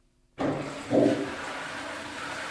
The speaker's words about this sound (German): Ein Gast benutzt die Toilette, kommt zurück, beklagt sich, dass die Wasserspülung funktioniert.